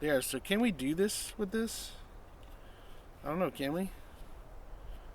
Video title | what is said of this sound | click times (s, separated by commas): Let's Talk Mora (morakniv) knives!! #Mora #morakniv #moraknife | um this has a clip lock on it this one doesn't fit on this one though huh so who knows | none